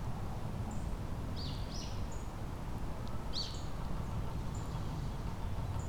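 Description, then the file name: Tit calls: thin, high notes with a few short down-slurred chips, scattered over six seconds above a steady low rumble of background noise. Recorded on 10 February 2024. "kotorinomori tit"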